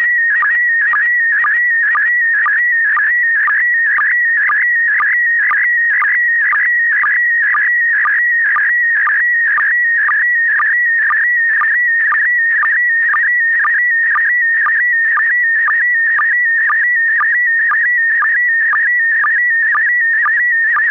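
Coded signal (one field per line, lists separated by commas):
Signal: SSTV (slow-scan television)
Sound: warbling whistle tone with a regular short low blip about twice a second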